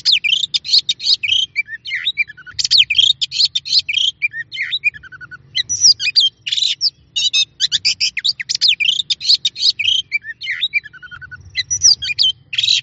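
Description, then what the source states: Oriental magpie-robin singing a rich, rapid stream of whistles, trills and chattering notes, mostly high-pitched, in bursts with brief pauses, over a faint low hum. Champion singing bird.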